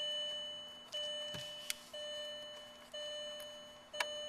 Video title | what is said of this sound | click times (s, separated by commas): Change Passat Ignition Switch | there you go you hear those clicks that means done | 1.7 s, 4.0 s